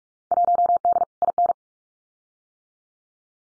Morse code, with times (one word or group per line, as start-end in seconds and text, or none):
0.3-1.0 1D
1.2-1.5 IN